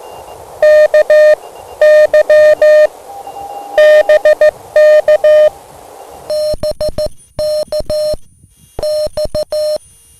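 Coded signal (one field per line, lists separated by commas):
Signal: Morse code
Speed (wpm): 14 wpm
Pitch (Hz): 610 Hz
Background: music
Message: KY BK BK X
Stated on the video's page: QRP CW POTA park activation with a (tr)uSDX transceiver and DX Commander pole antenna, morning operation.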